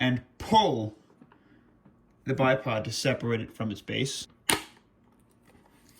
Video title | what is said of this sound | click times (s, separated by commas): Gas Blow Back FAMAS (Northeast Airsoft) | And then it can just rotate down and locks into place. | 4.5 s